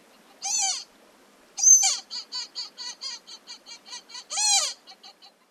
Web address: Birds Magellanic-Woodpecker